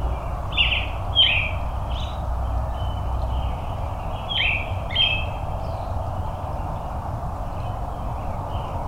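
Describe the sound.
Robin giving clusters of sharp, high chirps with occasional upward slides, against persistent low droning background noise.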